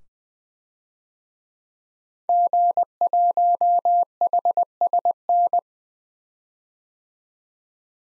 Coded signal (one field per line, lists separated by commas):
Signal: Morse code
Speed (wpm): 20 wpm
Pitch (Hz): 700 Hz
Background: none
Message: G1HSN